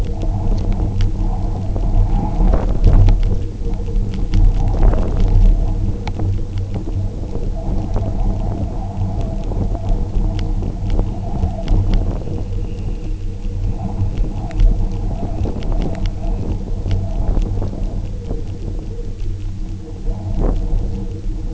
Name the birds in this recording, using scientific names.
Calidris alpina